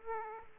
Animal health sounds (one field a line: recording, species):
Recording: mosquito wingbeat signal from an infrared sensor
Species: Aedes aegypti